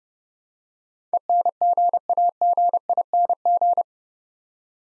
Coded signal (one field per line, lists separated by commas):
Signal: Morse code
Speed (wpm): 29 wpm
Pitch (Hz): 700 Hz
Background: none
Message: ENGAGING